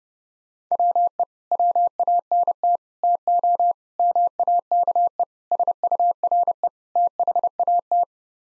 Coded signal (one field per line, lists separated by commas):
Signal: Morse code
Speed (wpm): 30 wpm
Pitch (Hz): 700 Hz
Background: none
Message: WE WANT TO MAKE SURE THAT